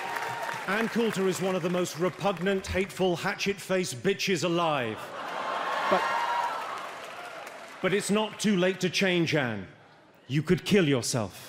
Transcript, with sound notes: Ann Coulter is one of the most repugnant, hateful, hatchet-faced bitches alive.
(LAUGHTER)
But it's not too late to change, Ann. You could kill yourself.